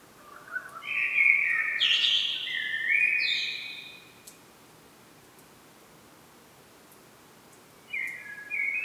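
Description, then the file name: Common blackbird song: a warbling phrase lasting a few seconds, then a quiet pause and the start of another phrase near the end. "Turdus merula"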